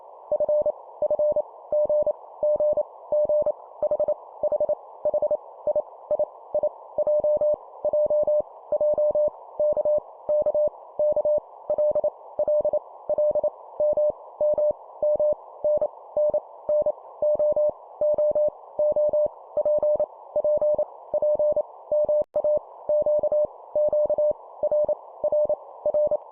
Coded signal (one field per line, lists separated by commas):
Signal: Morse code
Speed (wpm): 28 wpm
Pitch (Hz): 600 Hz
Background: none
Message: F F G G G H H H I I I J J J K K K L L L M M M N N N O O O P P P MA Q Q R R R